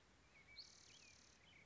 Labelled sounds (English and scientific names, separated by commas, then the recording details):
Spotted Towhee (Pipilo maculatus)
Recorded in Sonoma County, California